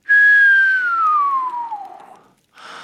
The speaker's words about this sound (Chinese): 门关上后，罗恩轻轻地吹了一声长长的口哨。